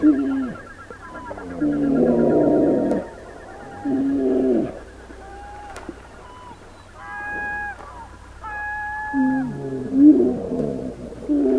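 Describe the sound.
Brown bear giving harmonic, moaning calls in several bursts, some wavering and drawn out.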